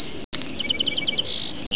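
Song sparrow singing: high clear notes, then a fast series of alternating notes and a buzzy passage.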